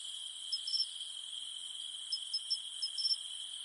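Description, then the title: Cicadas humming: a flat high-pitched drone with quick bright chirps in small groups throughout. In the mountains at night. "In the mountains at night, only the humming of cicadas remains"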